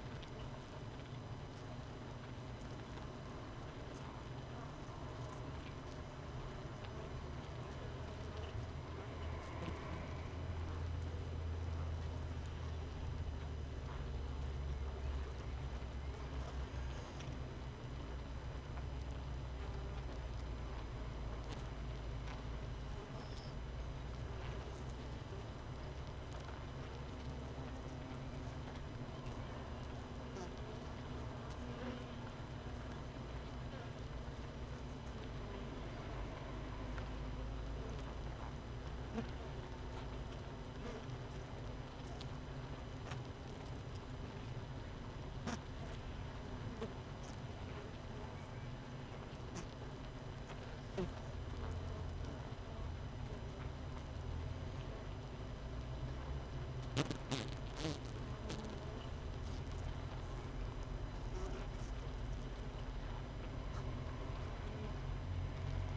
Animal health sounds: honeybee colony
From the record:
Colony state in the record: missing queen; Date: 31 May 2018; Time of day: 5:36

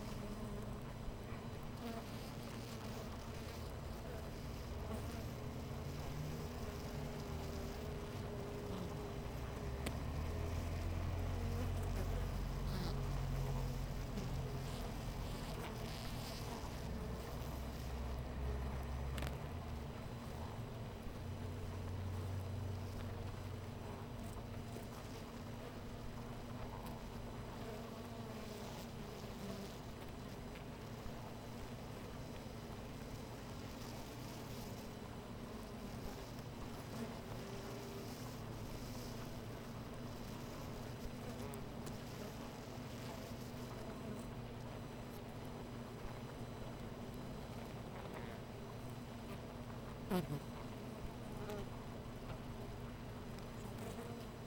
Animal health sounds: honeybee colony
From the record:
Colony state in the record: missing queen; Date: 14 July 2017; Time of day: 13:01

